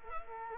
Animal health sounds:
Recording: mosquito wingbeat signal from an infrared sensor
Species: Culex quinquefasciatus

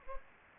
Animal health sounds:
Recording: mosquito wingbeat signal from an infrared sensor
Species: Anopheles gambiae

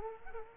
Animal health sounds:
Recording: mosquito wingbeat signal from an infrared sensor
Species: Culex quinquefasciatus

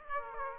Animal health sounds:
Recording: mosquito wingbeat signal from an infrared sensor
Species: Aedes aegypti

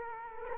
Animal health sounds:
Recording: mosquito wingbeat signal from an infrared sensor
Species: Culex quinquefasciatus

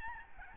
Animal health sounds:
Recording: mosquito wingbeat signal from an infrared sensor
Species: Aedes albopictus

